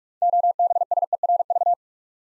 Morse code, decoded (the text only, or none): OBSERV